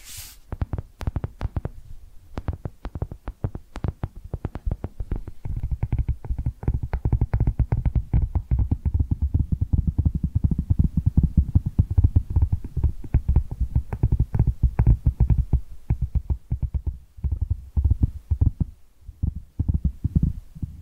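Rapid tapping triggers in a dense, irregular patter of soft, dull knocks with a low, thumping body. The taps start sparse, thicken into a steady flurry from about five seconds, then thin out again near the end, with a faint ringing tone threaded through.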